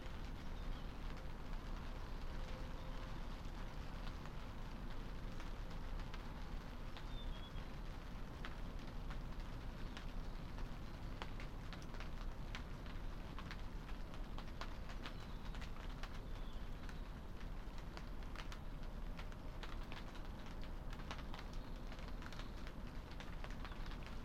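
Light to moderate rain falls steadily onto a wide tarpaulin, a dense, even patter with frequent sharp drop ticks scattered throughout. A low rumble runs underneath the whole time, and a faint chirp or two surfaces around the seventh and fifteenth seconds.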